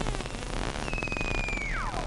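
Whale call: a steady high tonal whistle held for almost a second, then sweeping sharply downward in pitch, over constant crackling, clicking background noise.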